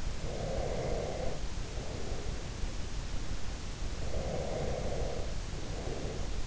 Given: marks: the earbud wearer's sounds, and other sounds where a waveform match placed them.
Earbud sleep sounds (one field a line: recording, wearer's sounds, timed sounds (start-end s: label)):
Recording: sounds in sleep by an in-ear microphone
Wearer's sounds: breath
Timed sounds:
0.19-2.39 s: breath
4.01-6.27 s: breath